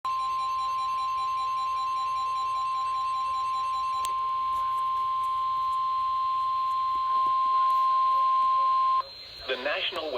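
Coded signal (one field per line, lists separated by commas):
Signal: Emergency Alert System (SAME) tones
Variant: 1050 Hz attention tone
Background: speech, music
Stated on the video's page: NOAA Weather Radio warning issued by NWS Tampa Bay/Ruskin, broadcast from the Sebring, Florida transmitter.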